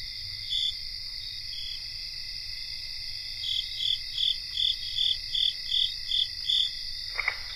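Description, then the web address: Crickets trill steadily in chorus; midway a rhythmic run of chirps begins, repeating about three times a second, and a brief different sound comes near the end. Cricket chorus recorded in North America. "Nature Songs N America Songs of Insects 77-Cricket chorus"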